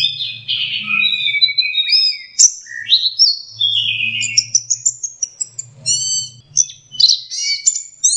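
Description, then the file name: Orange-headed thrush song, a continuous varied stream of high whistles, slurred notes and rapid chirps with shifting pitch, over a faint low hum. Masteran (training) song of anis merah (orange-headed thrush). "suara masteran anis merah"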